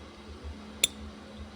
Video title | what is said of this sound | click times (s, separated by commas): How To Build A 451 Stroker Big Block Mopar! Part One: The Recipe, Assembling The Short Block | satisfying click sound | 0.8 s